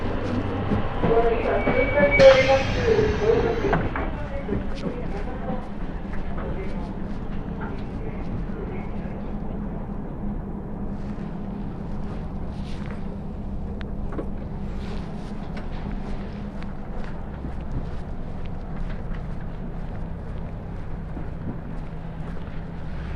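A ride on the Ai Yoshinogawa trolley train along the Tokushima Line. The first few seconds are busier, with a bright burst near the two-second mark and possibly voices, then a steady low rumble and hum carry on, dotted with faint clicks and rattles.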